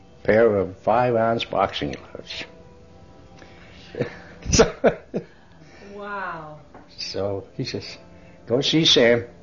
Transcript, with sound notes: pair of five-ounce boxing gloves. ( he laughs )
Wow.
He says, "Go see Sam."